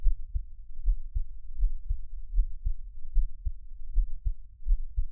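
Soft, low thumping adult heartbeat, close up, at about 75 beats a minute, with paired thuds and a slightly uneven rhythm. The rhythm has wildly frequent skipped beats, pauses where a beat drops out or comes early, against a faint low hum.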